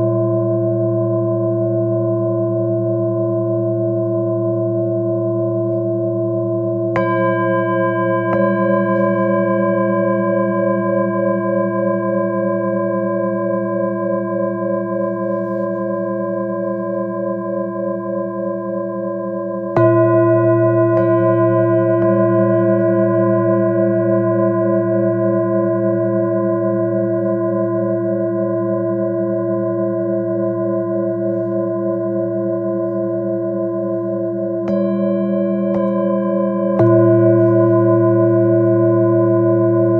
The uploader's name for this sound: Harmonies of Tibetan Bowls